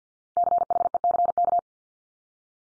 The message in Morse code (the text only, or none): CHECK